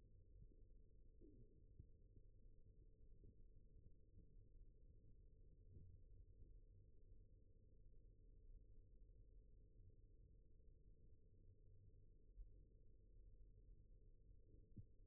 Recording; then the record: forearm muscle sounds (acoustic myography)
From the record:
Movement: rest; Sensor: system 1, eight BSWA MPA416 microphones around the upper forearm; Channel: 7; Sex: male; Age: 21 years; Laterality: right